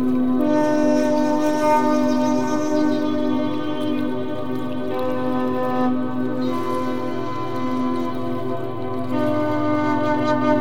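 Soft, sustained music holds steady tones throughout, layered into a smooth drone with a gentle pitch near the lower middle. Faint hissing washes rise and fall above it, swelling around five and nine seconds. Loudness stays nearly constant from start to finish.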